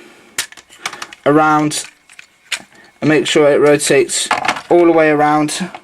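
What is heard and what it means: A plastic leg section of an RTS G2 Optimus Prime robot toy is rotated all the way around while the toy is being transformed, producing short plastic clicks and taps between 0.4 and 2.5 s as someone talks. The clip ends before the part goes home, so nothing has seated or locked into place yet.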